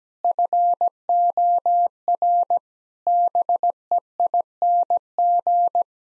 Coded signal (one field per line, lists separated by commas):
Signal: Morse code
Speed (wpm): 17 wpm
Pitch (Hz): 700 Hz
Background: none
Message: FOR BEING